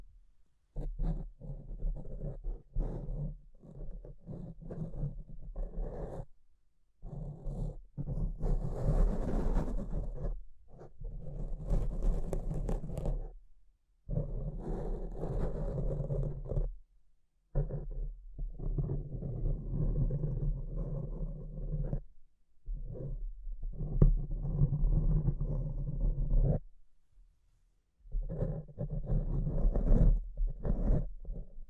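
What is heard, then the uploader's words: Microphone scratching comes in long rough bursts of low rumbling friction, separated by brief silent gaps, with occasional brighter scrapes around ten to thirteen seconds. ASMR Brain Melting Mic Scratching (No Talking).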